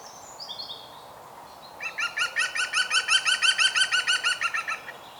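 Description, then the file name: European green woodpecker with a loud, ringing laughing series lasting about three seconds, after a few thin high notes. "Groene Specht Picus viridis"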